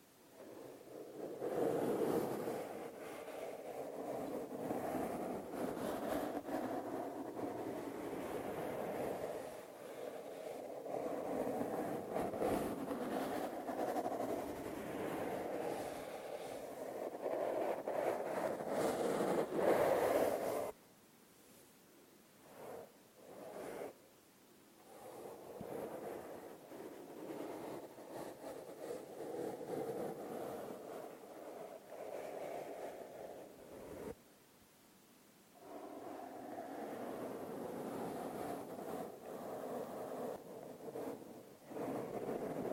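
Intense brushing right against the microphone makes a dense, rough scrubbing roar, strongest in the low-middle range and full of quick scratchy strokes. It runs steadily for about twenty seconds, cuts off abruptly, then resumes choppier with brief silent gaps near 24 and 34 seconds.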